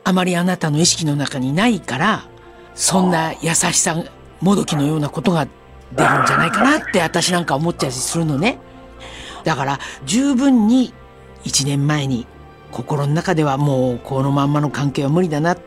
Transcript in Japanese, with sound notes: あまり、あなたの意識の中に、無いから、
ああ・・
そんな、優しさ・・もどきのようなことが、
ッハー （苦笑）
出るんじゃないかなあ？って、私なんか、思っちゃり、するのね？だから、十分に、一年前に・・心の中では、もう・・このまんまの関係は無理だな・・
はい
っ